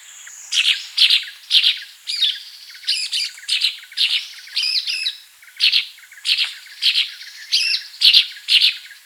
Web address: Sultan Tit Calls